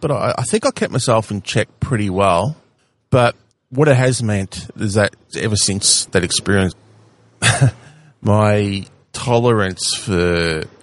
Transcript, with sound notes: But I think I kept myself in check pretty well. But what it has meant is that ever since that experience, [laughs] my tolerance for…